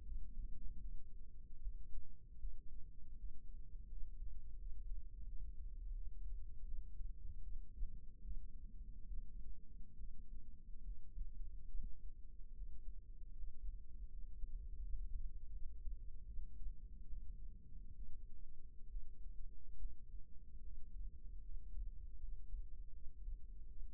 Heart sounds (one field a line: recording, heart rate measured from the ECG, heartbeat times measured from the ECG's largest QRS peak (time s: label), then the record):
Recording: heart sounds by microphone in the right ear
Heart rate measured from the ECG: 76 bpm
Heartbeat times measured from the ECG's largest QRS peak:
0.04 s: heartbeat
0.81 s: heartbeat
1.60 s: heartbeat
2.40 s: heartbeat
3.16 s: heartbeat
3.89 s: heartbeat
4.58 s: heartbeat
5.26 s: heartbeat
5.94 s: heartbeat
6.66 s: heartbeat
7.42 s: heartbeat
8.23 s: heartbeat
9.10 s: heartbeat
9.96 s: heartbeat
10.83 s: heartbeat
11.69 s: heartbeat
12.53 s: heartbeat
13.35 s: heartbeat
14.10 s: heartbeat
14.81 s: heartbeat
15.52 s: heartbeat
16.25 s: heartbeat
17.04 s: heartbeat
17.95 s: heartbeat
18.88 s: heartbeat
19.77 s: heartbeat
20.61 s: heartbeat
21.42 s: heartbeat
22.19 s: heartbeat
22.92 s: heartbeat
23.68 s: heartbeat
From the record:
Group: healthy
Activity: rest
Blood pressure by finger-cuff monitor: 145/68 mmHg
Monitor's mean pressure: 90 mmHg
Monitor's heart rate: 76 bpm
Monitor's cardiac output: 7.4 L/min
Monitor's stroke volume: 94 mL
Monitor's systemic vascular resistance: 910 dyn s/cm5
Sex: female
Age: 37 years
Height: 168 cm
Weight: 70 kg